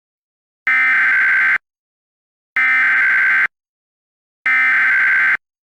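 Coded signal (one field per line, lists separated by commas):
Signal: Emergency Alert System (SAME) tones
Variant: header bursts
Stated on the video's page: Fictional EAS scenario containing valid SAME tones.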